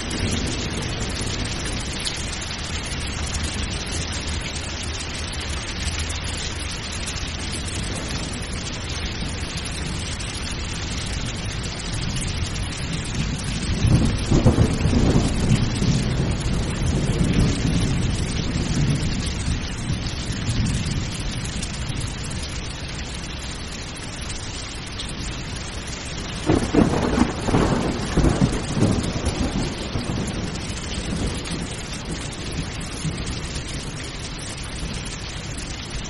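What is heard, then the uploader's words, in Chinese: Steady dense rain hisses throughout while low rolling thunder swells near fifteen seconds and again around twenty-seven, rumbling then fading. 助眠雷雨声 雨天。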